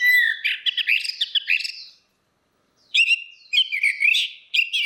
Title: Burung Anis Merah